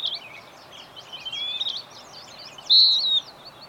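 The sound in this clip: Bird song with short high whistles and twittering chirps, then a louder, drawn-out high whistle near the end, with faint chirps behind.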